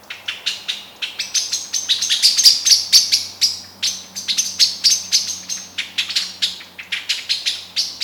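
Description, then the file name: Eurasian blackbird calls: hard, dry chink notes repeated quickly and unevenly, roughly two a second, with a faint high whistle beneath. "Turdus merula"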